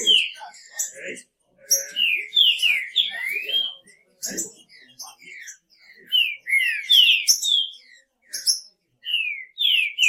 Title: Trinca Ferro